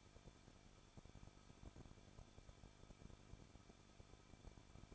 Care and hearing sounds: daily activity, microphone in the room; no activity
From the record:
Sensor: 5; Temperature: 20.9 degrees Celsius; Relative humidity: 38.1%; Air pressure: 1006.4 hPa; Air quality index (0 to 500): 187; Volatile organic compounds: 18 ppm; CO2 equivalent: 2622 ppm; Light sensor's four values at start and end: 2/3/1/1 and 2/3/1/1

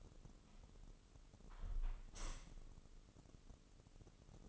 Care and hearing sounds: daily activity, microphone in the room; close window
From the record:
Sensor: 4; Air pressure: 996.5 hPa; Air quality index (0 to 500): 86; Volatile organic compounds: 4 ppm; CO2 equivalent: 1650 ppm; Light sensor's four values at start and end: 20/53/20/22 and 19/53/20/22

